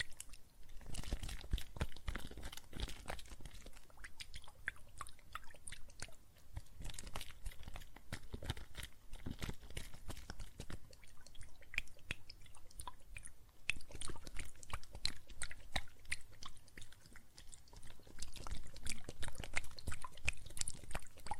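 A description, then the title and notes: Wet soap foam crackles and fizzes, a dense, steady stream of tiny pops and clicks like bubbles bursting. The sound briefly thins out around six seconds and again near seventeen, and grows louder and busier from about halfway through. ASMR Relaxing Water and Soap Foam Sounds (No Talking).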